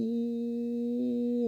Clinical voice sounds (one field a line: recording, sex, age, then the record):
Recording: sustained vowel /i/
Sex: female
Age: 50 to 59 years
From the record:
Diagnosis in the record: healthy control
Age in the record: 50 years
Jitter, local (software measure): 0.24%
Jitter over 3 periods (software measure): 0.09%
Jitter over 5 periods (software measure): 0.12%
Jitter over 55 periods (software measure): 0.64%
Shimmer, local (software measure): 2.1%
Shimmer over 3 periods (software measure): 0.8%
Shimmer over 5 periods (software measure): 1.0%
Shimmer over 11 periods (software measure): 1.9%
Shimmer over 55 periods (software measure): 4.7%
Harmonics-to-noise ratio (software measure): 17.3 dB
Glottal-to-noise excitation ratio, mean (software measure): 0.89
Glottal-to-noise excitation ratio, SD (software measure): 0.033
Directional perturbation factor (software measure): 56.3%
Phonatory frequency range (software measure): 0.16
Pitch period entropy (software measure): 1.00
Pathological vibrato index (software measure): 0.30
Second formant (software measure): 445 Hz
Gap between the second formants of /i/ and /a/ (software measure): 1169 Hz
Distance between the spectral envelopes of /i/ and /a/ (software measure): 9.2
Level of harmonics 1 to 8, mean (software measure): -44.9, -1.9, -43.0, -8.7, -52.8, -35.7, -62.3, -72.6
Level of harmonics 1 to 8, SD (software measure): 8.7, 1.2, 14.3, 1.7, 13.1, 1.5, 3.5, 6.7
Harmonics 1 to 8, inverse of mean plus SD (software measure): 0.019, 0.313, 0.017, 0.096, 0.015, 0.027, 0.015, 0.013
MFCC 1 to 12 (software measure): 5.9, 15.2, -15.2, -21.0, -16.4, -7.2, -8.2, -5.4, -13.2, -3.9, -13.4, 0.1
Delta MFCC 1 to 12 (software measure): -0.016, -0.062, -0.061, -0.019, 0.010, 0.004, -0.002, 0.031, -0.037, -0.020, -0.043, -0.084